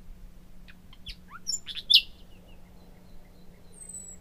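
Common nightingale song: a varied burst of sharp chirps, slurred whistles and one loud rising note, then a few thin scattered notes over a low steady hum.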